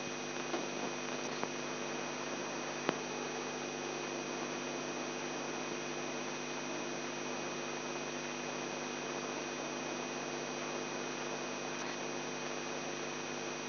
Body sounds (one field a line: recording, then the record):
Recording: brain microelectrode recording played as sound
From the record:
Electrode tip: inside the subthalamic nucleus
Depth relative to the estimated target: 1 mm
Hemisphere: left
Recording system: AlphaMap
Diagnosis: Parkinson's disease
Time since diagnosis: 11 years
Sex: male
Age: 42 years